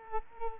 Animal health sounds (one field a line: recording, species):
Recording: mosquito wingbeat signal from an infrared sensor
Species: Culex quinquefasciatus